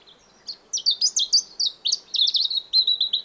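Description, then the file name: European robin delivering a hurried, tumbling phrase of high jerky notes and slurred whistles, ending in a run of repeated thin chirps. "Erithacus rubecula"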